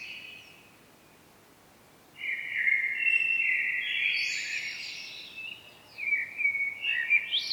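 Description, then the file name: Common blackbird producing one long twittering phrase of about three seconds, rising into higher squeaky notes, followed by a quieter run of chattering notes. "Turdus merula"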